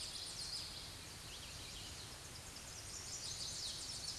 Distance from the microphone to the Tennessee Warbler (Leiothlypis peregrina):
about 45 m